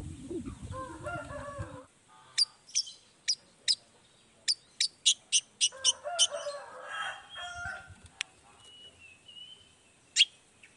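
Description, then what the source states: Long-tailed shrike: a run of about a dozen sharp, spaced ticking notes, then a scratchy chatter and a thin whistle. Cendet in full 'gacor' song in the morning, 'toet toet' sound variation, played to make other shrikes quickly respond and answer.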